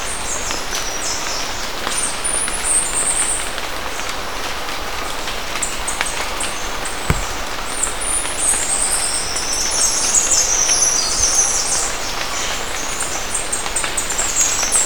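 Bird calls, thin high twittering phrases that come and go, busier in the second half, with one soft thump midway and a steady low background hum.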